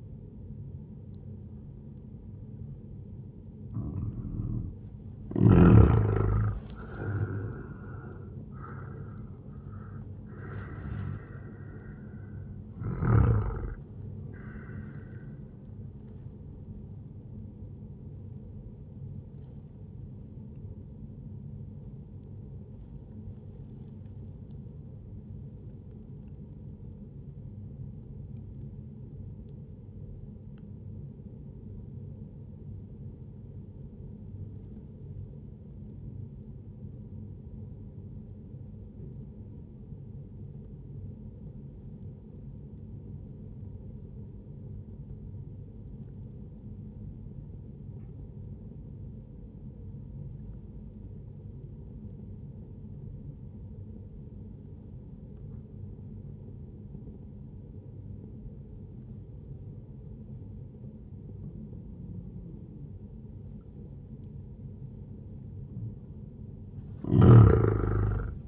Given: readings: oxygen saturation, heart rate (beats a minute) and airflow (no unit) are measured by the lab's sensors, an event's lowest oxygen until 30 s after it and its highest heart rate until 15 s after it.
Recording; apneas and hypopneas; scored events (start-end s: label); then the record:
breathing in sleep by a smartphone at the bedside; 1
17.00-47.00 s: new sleep stage, N1 (lightest sleep)
25.00-63.30 s: obstructive apnea (N1, oxygen 97% highest, then 93% lowest, heart rate 67 at the start, 78 highest)
47.00-68.47 s: new sleep stage, N2 (light sleep)
From the record:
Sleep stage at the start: N2 (light sleep); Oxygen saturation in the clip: 92 to 97%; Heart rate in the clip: 58 to 77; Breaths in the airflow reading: 7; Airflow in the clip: -10.6 to 9.6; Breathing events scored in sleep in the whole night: 131 in 7.2 hours asleep